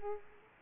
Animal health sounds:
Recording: mosquito wingbeat signal from an infrared sensor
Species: Culex quinquefasciatus

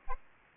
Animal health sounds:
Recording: mosquito wingbeat signal from an infrared sensor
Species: Aedes aegypti

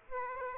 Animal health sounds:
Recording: mosquito wingbeat signal from an infrared sensor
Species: Aedes aegypti

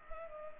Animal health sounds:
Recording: mosquito wingbeat signal from an infrared sensor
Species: Culex pipiens

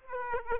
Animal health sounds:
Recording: mosquito wingbeat signal from an infrared sensor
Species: Aedes aegypti

